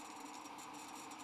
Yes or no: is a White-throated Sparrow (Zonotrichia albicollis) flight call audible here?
no